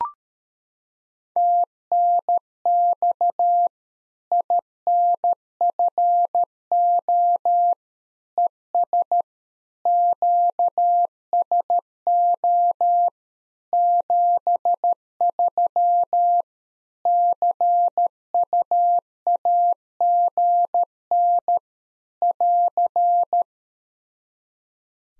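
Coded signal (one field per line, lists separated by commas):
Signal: Morse code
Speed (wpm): 13 wpm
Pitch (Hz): 700 Hz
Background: none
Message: TNX INFO ES QSO 73 CUAGN <AR>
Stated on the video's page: Head-copy practice QSO ending segment (pleasantries, 73) at 13 wpm, each segment sent, spoken, then sent again.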